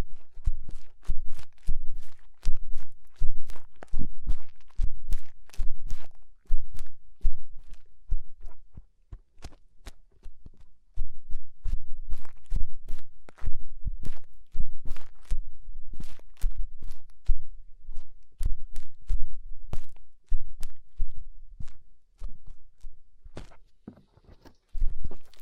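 Fingers cleaning inside the ear make a rapid series of sharp crackling, rubbing clicks with a deep thudding underneath. The bursts come in dense, uneven clusters, several per second, broken by short near-silent pauses around 6, 10 and 20 seconds.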